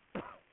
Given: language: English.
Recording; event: throat vibration sensor signal played as sound; cough